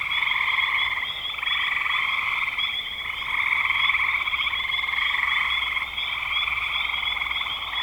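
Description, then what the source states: Chorusing frogs give a constant wall of fast, rattling trills, the loudness rising and falling gently in waves of a few seconds. Recorded in spring 2025.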